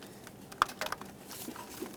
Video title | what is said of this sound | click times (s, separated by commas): How to Replace Exhaust Manifolds 1999-2006 Chevrolet Silverado 1500 4.3L V6 | when you press these in you want to give them a little click give them a tug make sure they're secure | 0.6 s